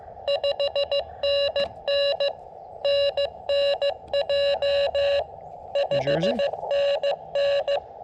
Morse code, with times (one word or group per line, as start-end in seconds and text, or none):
0.3-2.3 5NN
2.8-5.2 NNJ
5.8-7.8 5NN